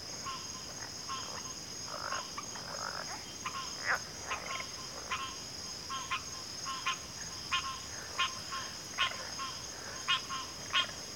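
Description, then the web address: Crickets hold a steady high trill while sharp clicking calls pop out repeatedly. Cricket chorus at a backwater. "WLL Grade 1-12 Pre-Uni Library Natures Songs Sleep Sounds of Nature CRICKETS Backwater Chorus"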